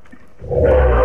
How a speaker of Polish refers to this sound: Poznajecie te odgłosy? Lew. Czyli nie poznajecie? Wsłuchajcie się uważnie.